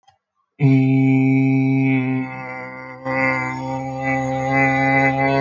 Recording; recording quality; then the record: sustained vowel as in made; excellent, no background noise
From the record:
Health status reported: healthy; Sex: male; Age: 21 years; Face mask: not worn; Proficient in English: yes